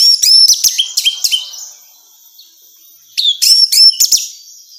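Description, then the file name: Orange-headed thrush song in two energetic bursts of loud whistled and chirping notes with sharp clicks, separated by a quiet pause of about one and a half seconds. Female; recording meant for therapy or training. "suara terapi anis merah betina"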